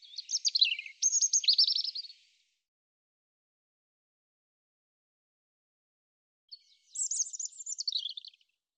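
European robin song in two high, jumbled phrases of thin whistles and twittering trills, separated by a long pause; otherwise quiet.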